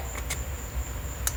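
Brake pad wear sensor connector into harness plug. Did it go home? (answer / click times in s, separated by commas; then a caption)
yes / 1.3 s. A new front brake pad wear sensor's plastic connector is pushed into its mating harness plug on a C7 3.0T. A soft tick at 0.3 s comes before a sharp click at 1.3 s as the connector latches and seats, over a steady low hum and a faint high whine.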